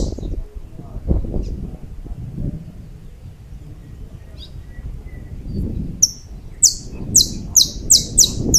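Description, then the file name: Saffron finch song appearing near the end as quick, high, descending chips, after several seconds of low rumbling background noise. "Canto-do-Canário-da-Terra"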